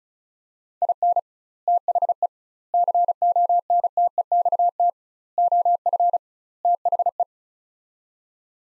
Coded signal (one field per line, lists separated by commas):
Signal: Morse code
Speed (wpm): 36 wpm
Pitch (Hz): 700 Hz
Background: none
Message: IN THE CONTEXT OF THE